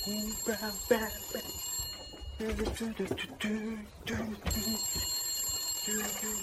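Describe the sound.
A payphone rings with a harsh, trilling bell-like tone in repeated bursts as a musician places a call, while people talk over it throughout.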